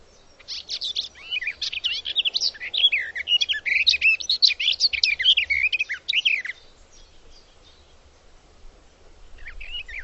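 Bird calls, a fast run of high twittering chirps for about six seconds, then near silence before a brief faint chirp near the end.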